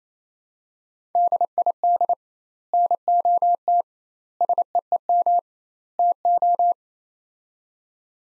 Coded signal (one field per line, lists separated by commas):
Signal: Morse code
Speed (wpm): 28 wpm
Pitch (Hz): 700 Hz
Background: none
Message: DID NOT SEEM TO